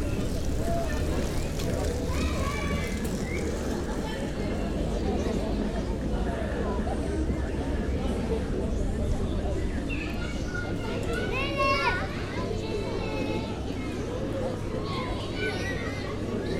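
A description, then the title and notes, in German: People gathered on a lawn talk over one another in a dense, steady murmur, with children's higher voices breaking through now and then, especially around the middle and later seconds. A low, constant hum runs underneath the whole time. Görlitzer Ufer. Leute auf der Wiese. Ein menschliches Rauschen am Ufer des Kanals.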